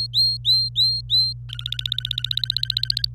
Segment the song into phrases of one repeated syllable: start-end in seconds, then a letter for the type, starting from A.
0.00-1.33 A, 1.49-3.05 B